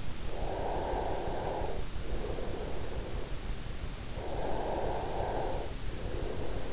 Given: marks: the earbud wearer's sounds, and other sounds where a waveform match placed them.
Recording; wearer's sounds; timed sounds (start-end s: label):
sounds in sleep by an in-ear microphone; breath
0.12-6.73 s: breath